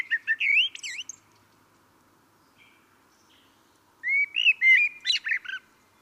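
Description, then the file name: Common blackbird singing: a squeaky twittering phrase at the start, a long pause, then a rich warbled phrase with rising whistles and a high trailing flourish. "Turdus merula"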